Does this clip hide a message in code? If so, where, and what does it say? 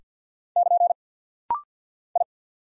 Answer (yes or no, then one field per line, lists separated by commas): yes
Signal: Morse code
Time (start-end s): 0.6-2.2 s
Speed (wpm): 49 wpm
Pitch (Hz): 700 Hz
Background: none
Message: <KN> I